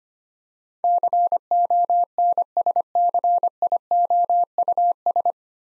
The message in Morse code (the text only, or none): CONSCIOUS